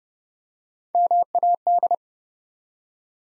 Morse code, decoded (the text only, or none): MAD